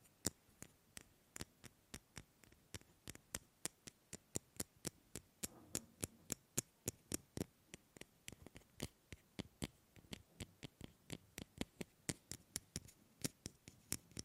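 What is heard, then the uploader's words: Sharp, bright taps on objects follow one another in a steady stream, about three to four per second, with quicker clusters around the middle and again near the end. Each tap is short and crisp, separated by near silence with only a faint low murmur underneath. ASMR Fast & Slow Tapping on 6 Objects No Talking.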